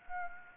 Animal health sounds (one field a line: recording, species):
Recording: mosquito wingbeat signal from an infrared sensor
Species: Anopheles gambiae